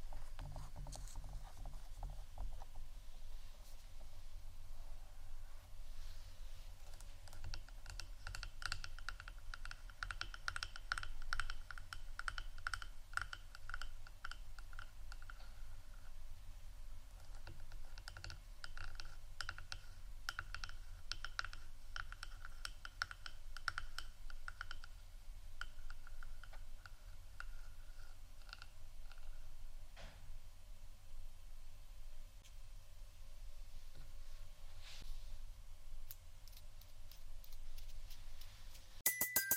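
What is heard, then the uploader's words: Soft tapping and scratching runs through the whole forty seconds, a dense stream of quick, light clicks much like typing on a keyboard, busiest between about 8 and 27 seconds. A low, steady hum sits underneath, and no voice is heard. ASMR Softly Tapping & Scratching （No Talking）.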